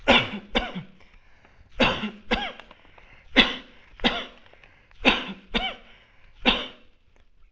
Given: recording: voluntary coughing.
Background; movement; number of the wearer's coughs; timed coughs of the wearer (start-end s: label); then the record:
quiet; sitting; 9
0.05-0.50 s: cough
0.53-1.03 s: cough
1.77-2.23 s: cough
2.29-2.67 s: cough
3.34-3.70 s: cough
4.02-4.41 s: cough
5.03-5.45 s: cough
5.53-5.88 s: cough
6.44-6.80 s: cough
From the record:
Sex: male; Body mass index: 20.6 kg/m2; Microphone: on the chest, facing the body